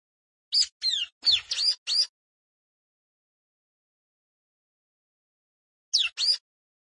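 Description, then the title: Prinia giving a fast series of high buzzy notes, then a long silence before two more similar notes. Rice field (sawah) habitat. "Ciblek Sawah 1"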